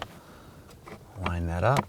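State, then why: Not seated. A wiring harness connector is lined up with the blower motor module socket on a 2004-2008 Acura TL before being pressed home, and nothing has seated or clicked yet. Someone talks throughout. There is a soft tap at 0.9 s and a sharper sound at 1.3 s.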